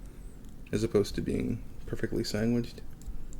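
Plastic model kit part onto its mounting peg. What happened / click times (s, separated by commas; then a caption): The plastic part is being handled and has not yet snapped home / none. A plastic hip/back thruster part of an MG GM Sniper II model kit is handled and pressed toward its mounting peg while someone talks, with a few faint ticks near the end. Nothing has seated or clicked yet; the clip ends just before the part snaps into place.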